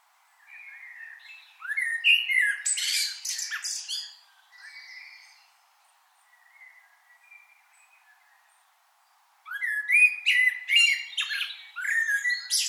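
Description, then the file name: Common blackbird song: mellow warbled phrases mixed with squeaky high twitters, then a quiet pause before a second burst of phrases. "Turdus merula"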